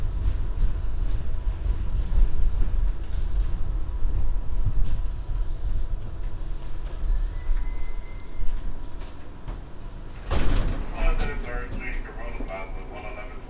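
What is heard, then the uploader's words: Inside a subway train in the morning, a heavy low rumble fills the car with steady rattling and clatter. Around ten seconds the sound brightens sharply with shrill, wavering squeals, like wheels grinding on a curve, as the rumble continues underneath. A 17 minute binaural field recording, starting on the 7 train in the morning heading towards Main Street-Flushing.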